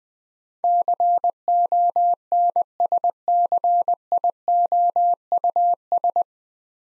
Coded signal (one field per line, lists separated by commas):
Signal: Morse code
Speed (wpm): 20 wpm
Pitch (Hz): 700 Hz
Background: none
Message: CONSCIOUS